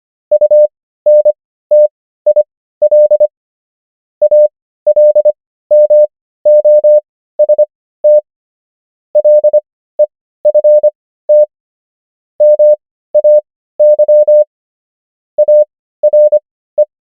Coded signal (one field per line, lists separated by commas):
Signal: Morse code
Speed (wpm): 25 wpm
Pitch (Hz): 600 Hz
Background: none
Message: UNTIL ALMOST LEFT MAY ARE